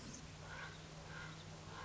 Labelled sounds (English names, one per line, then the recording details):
Common Raven
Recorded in Sonoma County, California